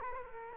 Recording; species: mosquito wingbeat signal from an infrared sensor; Culex quinquefasciatus